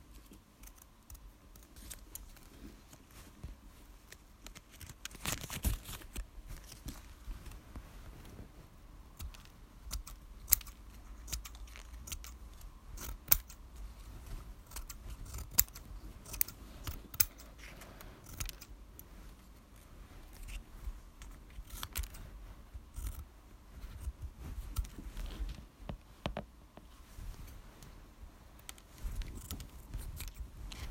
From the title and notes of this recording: Asmr tapping// no talking.